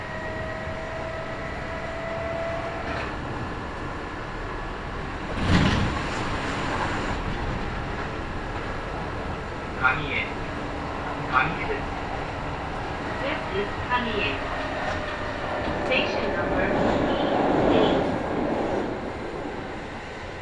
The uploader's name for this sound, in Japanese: 近鉄名古屋線 普通 近鉄名古屋→蟹江